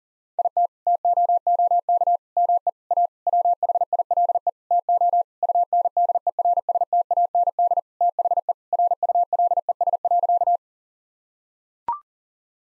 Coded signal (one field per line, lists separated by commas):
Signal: Morse code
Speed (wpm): 40 wpm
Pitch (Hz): 700 Hz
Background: none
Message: IT TOOK ME A WHILE TO UNDERSTAND THE RULES.